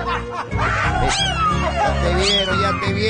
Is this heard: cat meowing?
yes